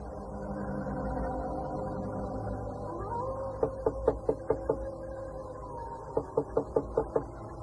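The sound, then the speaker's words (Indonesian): Two quick rounds of knocking on the front door of a house, about six sharp raps and then five more after a short pause, over a steady low droning background with no one talking. “Mak, dia mengetuk pintu.”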